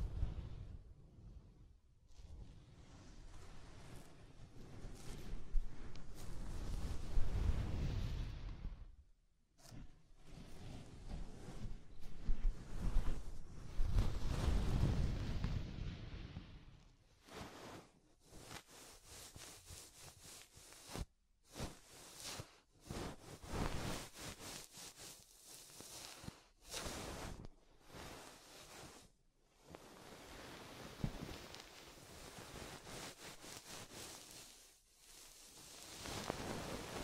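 Soft, fluffy ASMR triggers rub and brush with a thick, muffled rustle and a low rumble, swelling loudest around 7 and 15 seconds. Brief pauses break it near 10, 21 and 29 seconds, and the later half turns into quicker, choppier strokes.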